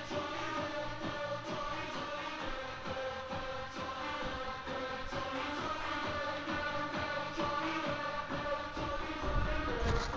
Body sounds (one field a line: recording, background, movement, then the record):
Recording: deep breathing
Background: music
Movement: walking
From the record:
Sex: female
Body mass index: 18.3 kg/m2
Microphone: on the chest, facing outward